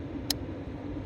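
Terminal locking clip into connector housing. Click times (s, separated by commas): 0.3 s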